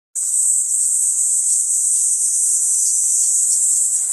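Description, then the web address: Kaempfer cicada starting abruptly into a steady high-pitched continuous buzz. "ニイニイゼミ. arpla 自然音研究室"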